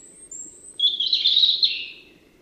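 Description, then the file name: European robin song: a very high thin note, then a rich descending warble of quick twittering notes fading away, over a low steady hum. "Erithacus rubecula"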